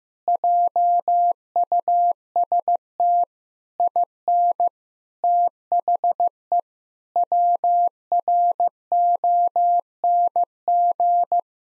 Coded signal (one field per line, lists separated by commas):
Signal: Morse code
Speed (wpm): 15 wpm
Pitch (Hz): 700 Hz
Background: none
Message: JUST IN THE WRONG